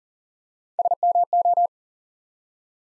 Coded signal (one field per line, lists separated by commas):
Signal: Morse code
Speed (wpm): 39 wpm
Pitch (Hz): 700 Hz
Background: none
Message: SMO